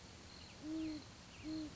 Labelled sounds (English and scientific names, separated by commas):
Great Horned Owl (Bubo virginianus)